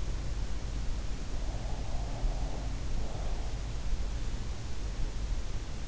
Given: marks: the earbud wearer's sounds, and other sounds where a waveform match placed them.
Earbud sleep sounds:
sounds in sleep by an in-ear microphone; breath
1.51-3.81 s: breath

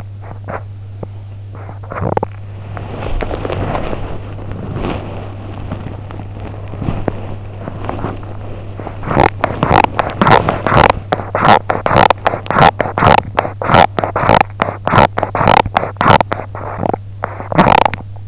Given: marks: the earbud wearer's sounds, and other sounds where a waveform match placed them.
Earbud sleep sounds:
sounds in sleep by an in-ear microphone; teeth grinding, body movement
0.00-2.38 s: teeth grinding
2.55-9.00 s: body movement
9.00-18.28 s: teeth grinding

